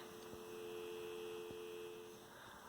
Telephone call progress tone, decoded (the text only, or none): dial tone